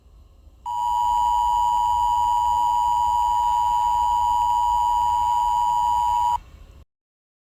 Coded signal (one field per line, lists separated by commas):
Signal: Emergency Alert System (SAME) tones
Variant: 853 and 960 Hz attention tone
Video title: EAS SCENARIO 1: Inner Flame Candle Invasion